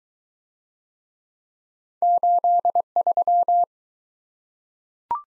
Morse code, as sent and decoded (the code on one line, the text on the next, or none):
---.. ...--
83